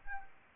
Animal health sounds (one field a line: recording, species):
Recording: mosquito wingbeat signal from an infrared sensor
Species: Anopheles arabiensis